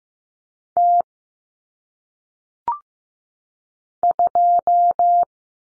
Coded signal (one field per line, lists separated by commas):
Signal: Morse code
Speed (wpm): 15 wpm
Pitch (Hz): 700 Hz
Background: none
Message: T 2